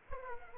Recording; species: mosquito wingbeat signal from an infrared sensor; Aedes aegypti